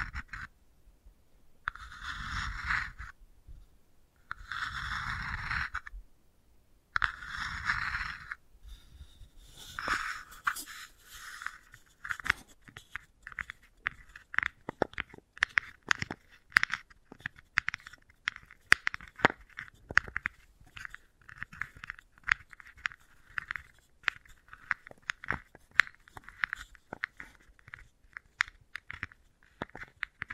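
Wooden ball triggers open with three slow, rolling passes in the first eight seconds, each a grainy swell of rubbing sound with separate quiet pauses between them. From about ten seconds on, dense irregular clicks and crunchy taps follow almost continuously, bright and uneven in loudness.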